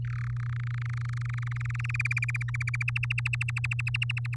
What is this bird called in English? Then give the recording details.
Domestic Canary. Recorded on 7 May 2018 at 16:51. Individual llb16